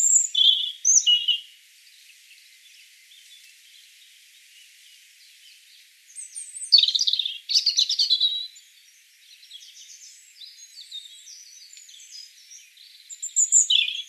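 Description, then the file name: European robin warbling in bright, high bursts, with a long pause, a loud jumbled trilling phrase, softer twittering, and a last high phrase at the end. "Erithacus rubecula"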